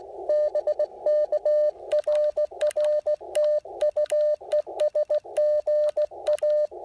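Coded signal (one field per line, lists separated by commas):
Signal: Morse code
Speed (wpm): 16 wpm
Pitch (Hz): 600 Hz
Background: radio noise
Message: BK RR TU ES GA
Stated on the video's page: Real-time, unedited CW Parks On The Air activation calling CQ and working stations, using an Icom IC-705 with an Elecraft T1 tuner and a CHA Emcomm III Portable antenna.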